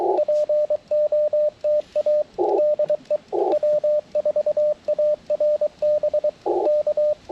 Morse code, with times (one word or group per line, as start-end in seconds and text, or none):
0.2-2.2 POTA
2.6-3.2 DE
3.5-6.3 W4ARB
6.7-7.1 K